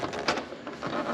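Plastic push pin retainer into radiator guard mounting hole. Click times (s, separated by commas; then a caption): 0.3 s. A plastic push-pin retainer is pressed by feel into a mounting hole to hold a Scrape Armor radiator guard under a C8 Corvette. A sharp click at 0.3 s stands out over a steady broadband background, with smaller ticks around it. The pin seats and clicks in.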